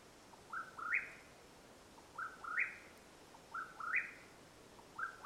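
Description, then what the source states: Mexican whip-poor-will giving burry whistled three-note phrases that step up to a high, rough ending, three full phrases and the start of a fourth. Call at nightfall in Madera Canyon, Arizona, USA, 21 April 2022.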